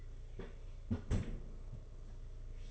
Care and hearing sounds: daily activity, microphone in the room; close fridge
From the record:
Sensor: 4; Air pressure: 991.8 hPa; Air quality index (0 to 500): 106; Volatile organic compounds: 15 ppm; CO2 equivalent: 2509 ppm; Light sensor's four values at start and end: 19/63/23/23 and 19/64/24/24

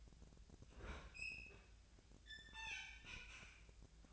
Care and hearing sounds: daily activity, microphone in the room; open fridge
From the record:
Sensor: 2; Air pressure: 1009.5 hPa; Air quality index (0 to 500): 185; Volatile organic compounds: 11 ppm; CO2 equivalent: 2310 ppm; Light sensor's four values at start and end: 26/64/27/30 and 26/64/27/30

